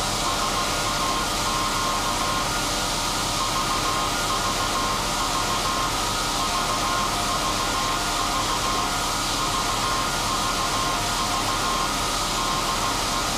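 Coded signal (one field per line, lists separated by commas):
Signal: Morse code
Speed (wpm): 16 wpm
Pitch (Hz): 1060 Hz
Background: none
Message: SAQ VVV VVV VVV DE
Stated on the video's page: SAQ Grimeton Alexanderson alternator, electro-mechanical 200 kW transmitter on 17200 Hz, from a 1.6 m disc with 488 cut-outs spinning at 2115 rpm.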